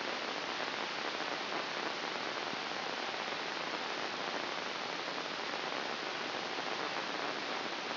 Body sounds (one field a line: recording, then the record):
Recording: brain microelectrode recording played as sound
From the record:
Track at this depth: inside the subthalamic nucleus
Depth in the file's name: 6.532 mm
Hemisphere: right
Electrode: 2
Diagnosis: Parkinson's disease